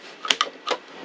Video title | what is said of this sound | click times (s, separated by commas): The AiDot Cordless Vacuum Cleaner 280 watt Powerhouse Review | hear it click | 0.3 s